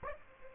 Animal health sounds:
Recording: mosquito wingbeat signal from an infrared sensor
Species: Aedes aegypti

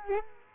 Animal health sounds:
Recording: mosquito wingbeat signal from an infrared sensor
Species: Culex quinquefasciatus

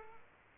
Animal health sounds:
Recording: mosquito wingbeat signal from an infrared sensor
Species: Culex quinquefasciatus

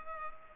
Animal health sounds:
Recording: mosquito wingbeat signal from an infrared sensor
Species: Culex pipiens

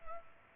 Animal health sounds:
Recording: mosquito wingbeat signal from an infrared sensor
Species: Culex pipiens

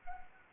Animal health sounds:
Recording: mosquito wingbeat signal from an infrared sensor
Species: Anopheles arabiensis

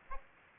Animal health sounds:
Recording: mosquito wingbeat signal from an infrared sensor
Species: Aedes aegypti

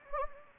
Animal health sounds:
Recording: mosquito wingbeat signal from an infrared sensor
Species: Anopheles gambiae

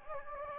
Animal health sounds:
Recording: mosquito wingbeat signal from an infrared sensor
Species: Anopheles gambiae

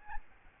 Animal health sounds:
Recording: mosquito wingbeat signal from an infrared sensor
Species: Aedes albopictus

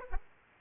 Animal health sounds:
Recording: mosquito wingbeat signal from an infrared sensor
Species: Aedes aegypti

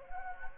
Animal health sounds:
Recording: mosquito wingbeat signal from an infrared sensor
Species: Anopheles gambiae

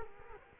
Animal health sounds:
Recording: mosquito wingbeat signal from an infrared sensor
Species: Culex quinquefasciatus

